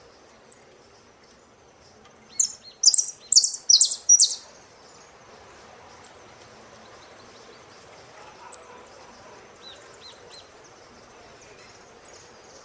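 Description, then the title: Saffron finch singing: a brief cluster of loud, high chirping notes mid-way, with scattered thin single chips before and after over faint background hiss. "Jilguero Argentino"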